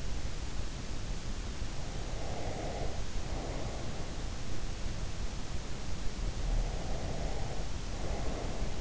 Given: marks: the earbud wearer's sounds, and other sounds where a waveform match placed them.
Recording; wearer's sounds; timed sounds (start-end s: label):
sounds in sleep by an in-ear microphone; breath
2.03-4.10 s: breath
6.49-8.81 s: breath